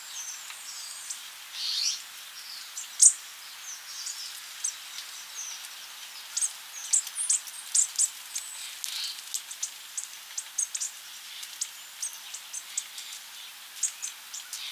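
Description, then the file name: American bushtit calls, brief high thin notes scattered irregularly through the recording, with a faint hiss of background noise. "Psaltriparus minimus - American Bushtit"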